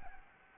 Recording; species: mosquito wingbeat signal from an infrared sensor; Anopheles gambiae